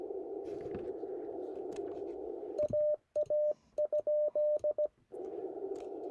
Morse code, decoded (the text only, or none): AA?